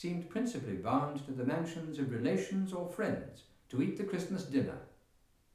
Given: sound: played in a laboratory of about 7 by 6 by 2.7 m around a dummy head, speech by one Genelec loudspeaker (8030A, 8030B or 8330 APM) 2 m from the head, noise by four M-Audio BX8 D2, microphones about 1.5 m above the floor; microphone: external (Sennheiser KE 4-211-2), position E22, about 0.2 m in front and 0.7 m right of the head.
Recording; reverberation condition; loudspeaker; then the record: male speech in English; medium; behind (180 degrees)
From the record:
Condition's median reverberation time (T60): about 510 ms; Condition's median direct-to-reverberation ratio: about -0.5 dB